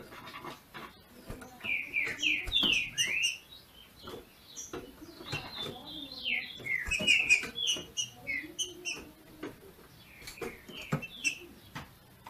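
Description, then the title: Green-winged saltator delivering clusters of short, falling whistled notes, repeated phrases throughout, with sharp clicks mixed in. Female singing in the male style to stimulate the male. "FÊ MEA DE TRINCA FERRO MACHEANDO PARA ESQUENTAR O MACHO"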